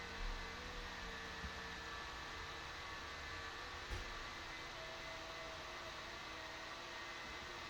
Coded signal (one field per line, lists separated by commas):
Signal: FT8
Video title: CQ or Pounce: an FT8 Experiment!